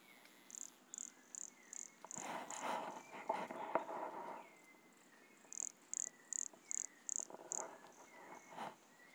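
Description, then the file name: Pumpkin toadlet repeating high, evenly spaced notes in two runs of several, with louder lower rattling sounds and thin sliding whistles in between. Recorded at Monte Crista, Brazil, in November 2016, with the animal 100 cm from the microphone. "Brachycephalus sulfuratus Monte Crista 100 cm from microphone Luiz Fernando Ribeiro NOV-2016"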